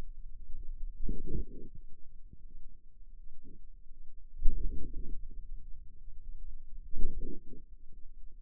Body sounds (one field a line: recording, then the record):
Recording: forearm muscle sounds (acoustic myography)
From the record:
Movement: wrist extension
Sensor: system 2, bracelet of six BSWA MPA416 microphones around the upper forearm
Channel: 3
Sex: female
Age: 23 years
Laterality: right